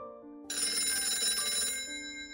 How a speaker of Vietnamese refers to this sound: Trong lúc đang làm việc thì tôi có điện thoại.